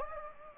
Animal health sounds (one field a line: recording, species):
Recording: mosquito wingbeat signal from an infrared sensor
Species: Anopheles gambiae